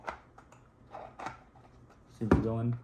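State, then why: Not seated. A new plastic drive tray from a Virtue Spire 5 is slid into an opened older Virtue Spire 4 paintball loader shell and lined up, making only small sliding and scraping sounds. Someone talks near the end. The tray has not snapped or seated into place yet.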